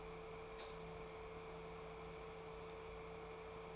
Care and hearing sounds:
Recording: daily activity, microphone in the room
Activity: light on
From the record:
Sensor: 1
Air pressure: 1014.6 hPa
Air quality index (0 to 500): 175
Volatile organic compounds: 15 ppm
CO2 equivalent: 2484 ppm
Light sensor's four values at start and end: 39/98/42/51 and 43/112/47/56

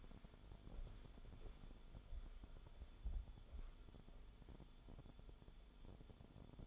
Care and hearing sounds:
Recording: daily activity, microphone in the room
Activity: walk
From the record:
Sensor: 5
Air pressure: 1015.5 hPa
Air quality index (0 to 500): 175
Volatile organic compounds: 6 ppm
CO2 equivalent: 1906 ppm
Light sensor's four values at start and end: 40/92/37/37 and 39/90/37/36

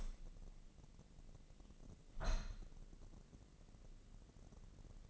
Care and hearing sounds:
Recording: daily activity, microphone in the room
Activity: open window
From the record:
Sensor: 4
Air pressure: 1013.2 hPa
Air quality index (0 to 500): 171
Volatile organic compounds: 2 ppm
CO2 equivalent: 1078 ppm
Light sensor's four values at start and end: 78/193/80/81 and 74/184/77/79

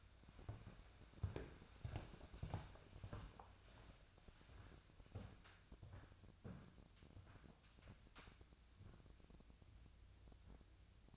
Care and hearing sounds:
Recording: daily activity, microphone in the room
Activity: walk to room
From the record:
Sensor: 2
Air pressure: 999.8 hPa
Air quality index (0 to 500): 122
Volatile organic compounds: 2 ppm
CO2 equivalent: 1055 ppm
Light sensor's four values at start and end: 31/74/33/37 and 32/77/34/38

